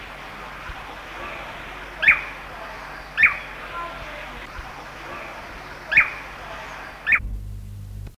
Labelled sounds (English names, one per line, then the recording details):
Blue Manakin call
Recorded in captivity
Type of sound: call
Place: Vogelpark Walsrode, Niedersachsen, DE
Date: 1976-09-04
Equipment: Halbspur, 9,5 cm/s
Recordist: Lütgens, Hans
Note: Rufe